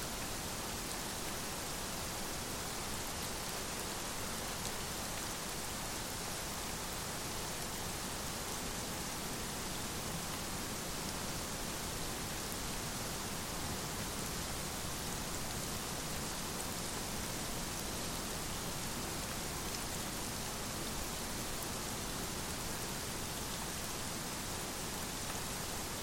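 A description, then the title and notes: Snowflakes whirling down, heard as a steady, dense, unbroken hiss with a soft rainlike fizz, brightest up top, never changing across the clip. The soothing sound of snowflakes whirling towards the ground.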